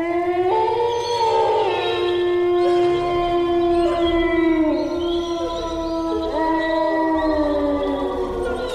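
Several wolves howl together in long, overlapping, wavering tones, some holding steady pitches while others slide up and down, forming a loud, continuous chorus with no speech, the howling rising from within a demon tomb.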